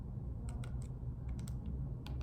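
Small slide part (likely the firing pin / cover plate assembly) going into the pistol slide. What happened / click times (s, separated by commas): The part is being worked into place but has not yet clearly seated / none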